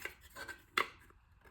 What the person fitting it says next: and then I press and I hear a click. Okay, so these two are together.